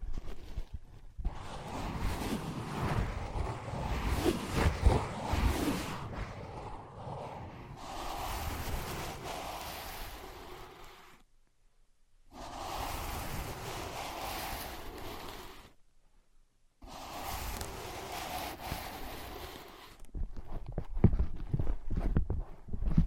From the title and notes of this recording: ASMR Using Ear Pads as Your Ears Tapping, Scratching, Tracing No Talking.